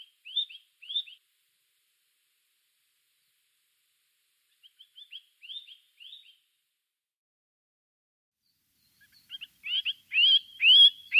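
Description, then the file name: Bird song: small clusters of thin chirps with quiet gaps, ending in a louder, busier phrase. "chant oiseau"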